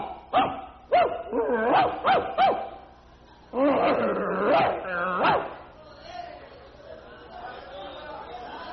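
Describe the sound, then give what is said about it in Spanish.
A dog barks in a rapid series of sharp, loud bursts, then a denser, more sustained run of barking, tapering into softer whimpers and yips at the end. “Así suenan las palabras delante de Dios. Perros”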